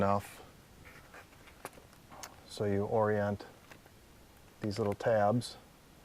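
A small plastic tab on the water-panel frame of an Aprilaire model 550 evaporative humidifier is being oriented for fitting into the humidifier frame while someone talks. Brief light ticks and taps of handling are heard between the speech. Nothing has seated or clicked into place yet.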